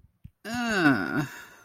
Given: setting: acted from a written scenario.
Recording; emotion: vocal sound without words; embarrassment